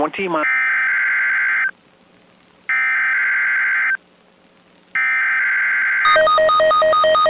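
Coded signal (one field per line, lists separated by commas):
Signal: Emergency Alert System (SAME) tones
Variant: header bursts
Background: speech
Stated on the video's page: Illinois statewide tornado drill: NOAA Weather Radio required weekly test and FM station required monthly test activations.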